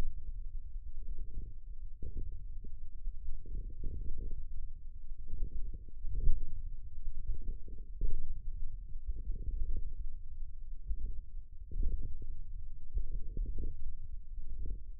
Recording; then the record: forearm muscle sounds (acoustic myography)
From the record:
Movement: radial deviation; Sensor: system 1, eight BSWA MPA416 microphones around the upper forearm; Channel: 6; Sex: male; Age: 54 years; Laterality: right